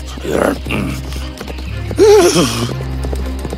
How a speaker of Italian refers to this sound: Il forte rumore del mio cavallo disturbò il gigante addormentato, che divenne furioso.